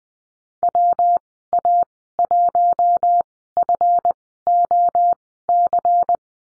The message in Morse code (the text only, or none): WA1FOC